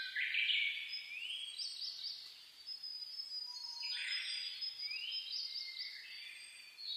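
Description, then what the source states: Birds singing together, rising and falling whistled phrases and fast trills overlapping, one brief low whistle in the middle. Dawn chorus (reimei) of birdsong (saezuri), recorded 10 May 2010.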